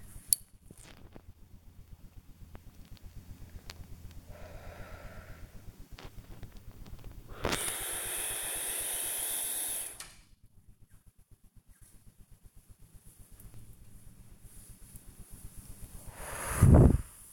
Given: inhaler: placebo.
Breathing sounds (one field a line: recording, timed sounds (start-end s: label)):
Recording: one use of a dry powder inhaler by a smartwatch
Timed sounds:
0.05-0.63 s: inhaler activation
4.20-5.74 s: exhalation
7.23-10.32 s: inhalation
15.92-17.23 s: exhalation